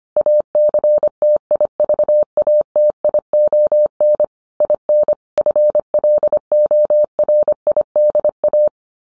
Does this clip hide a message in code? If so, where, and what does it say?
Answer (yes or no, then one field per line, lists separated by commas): yes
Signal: Morse code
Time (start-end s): 0.2-8.7 s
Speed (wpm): 25 wpm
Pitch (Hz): 600 Hz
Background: none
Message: ACTIVATION IN FLORIDA